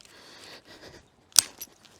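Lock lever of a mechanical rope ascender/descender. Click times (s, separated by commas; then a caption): 1.4 s. A climber who has wrapped the rope around the bar disengages the lock lever of a mechanical rope ascender/descender to descend. Quiet rustling and handling noise lead up to a loud, sharp metallic click at 1.4 s, followed by a softer clack. The lock is released.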